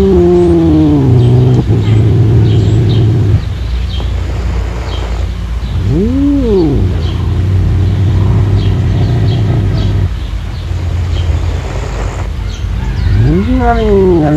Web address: serval